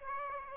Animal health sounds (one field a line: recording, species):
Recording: mosquito wingbeat signal from an infrared sensor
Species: Aedes aegypti